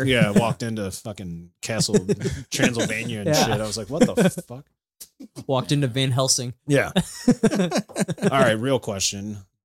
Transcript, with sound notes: Yeah, walked into a fucking castle, Transylvania and shit, I was like, what the fuck? Walked into Van Helsing.
Yeah. (laughing)
All right, real question,